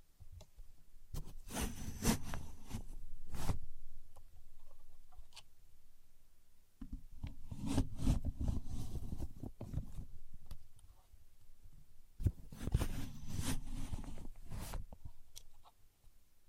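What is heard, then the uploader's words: A contour gauge is handled in three busy bursts of rattling, scratchy clicking from its sliding pins, near the start, the middle and toward the end. Dull low knocks sit beneath the clatter, and short quiet pauses separate each burst. Using A Contour Gauge (No Talking).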